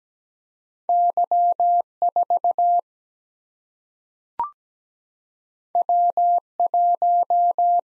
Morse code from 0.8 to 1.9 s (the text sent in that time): Y